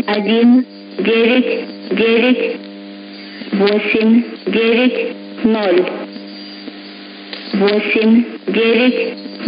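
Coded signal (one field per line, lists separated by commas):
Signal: numbers station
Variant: S06s, Russian female voice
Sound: female voice reading short words, about eight evenly spaced, over steady hum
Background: radio hum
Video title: 04 05 2021 Number station S06s Russian Lady in Russian to Eu 0740 on 11655 unknown tx site in CUSB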